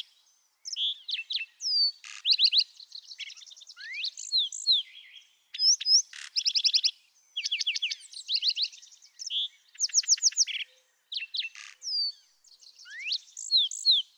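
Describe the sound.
Lark sparrow delivering an extended, varied song of rapid trills, buzzy churrs and clear whistled slurs, alternating in bursts separated by short pauses against a quiet background.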